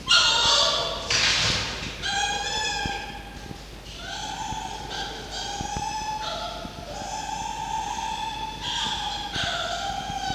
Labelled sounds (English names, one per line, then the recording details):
Red Fox
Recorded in captivity
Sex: diverse
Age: diverse
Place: Zoologisches Institut der HUB, Berlin, DE
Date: 1952-07-26
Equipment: Elmetra
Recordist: Tembrock, Günter